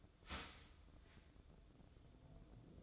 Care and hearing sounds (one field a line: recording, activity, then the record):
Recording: daily activity, microphone in the room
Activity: start toaster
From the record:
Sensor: 3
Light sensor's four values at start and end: 8/19/8/8 and 8/19/8/8